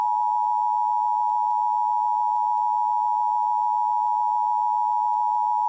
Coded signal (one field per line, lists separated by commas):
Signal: Emergency Alert System (SAME) tones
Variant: 853 and 960 Hz attention tone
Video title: EAS Scenario - Transformed Remastered